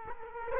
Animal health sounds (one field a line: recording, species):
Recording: mosquito wingbeat signal from an infrared sensor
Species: Culex quinquefasciatus